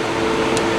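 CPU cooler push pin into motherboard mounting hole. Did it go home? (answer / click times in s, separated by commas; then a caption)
no / none. A plastic push pin of a CPU cooler is being pressed into a motherboard mounting hole, giving a steady broadband hum with a brief high-frequency hiss near 0.55 s. Nothing has seated or clicked yet; the clip ends just before the pin goes fully through.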